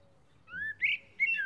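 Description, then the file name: Common blackbird giving a brief rising mellow whistle followed by two short fluty notes. "Turdus merula"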